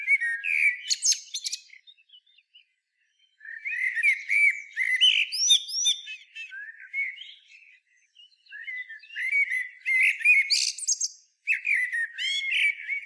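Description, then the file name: Common blackbird song: varied whistled and twittering phrases in bursts with short pauses, mixing lower fluty notes with high squeaky flourishes and rapid chirps. "Turdus merula"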